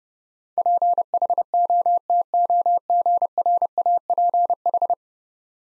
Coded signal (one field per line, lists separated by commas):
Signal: Morse code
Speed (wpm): 32 wpm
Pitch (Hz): 700 Hz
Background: none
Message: PHOTOGRAPH